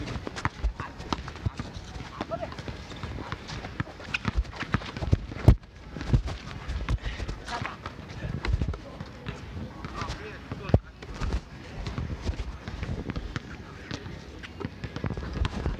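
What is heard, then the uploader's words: Basketball at Sunset Park, Brooklyn: a dense, restless patter of bounces, footfalls and shoe scuffs runs throughout, with irregular thumps that sound almost like hooves. Sharp louder hits stand out near five and eleven seconds, and faint voices surface now and then. Basketball at Sunset Park, Brooklyn.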